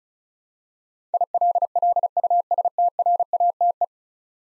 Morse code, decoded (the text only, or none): ILLUSTRATE